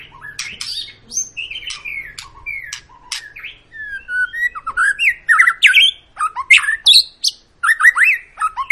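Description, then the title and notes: White-rumped shama song: varied whistles, downslurred notes and harsh squawks, sparse at first and then tumbling into a busier jumble of chirps and clicks. Long lure song of an energetically singing white-rumped shama, used to provoke other birds to sing. "Pancingan Murai Batu Gacor Panjang. muraiku"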